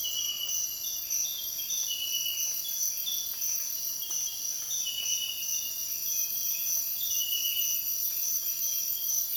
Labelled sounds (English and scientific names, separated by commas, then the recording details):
none
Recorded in dense forest near Puerto Asís, Putumayo, Colombia, on 22 June 2025 at 05:30
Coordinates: 0.484, -76.325
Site H65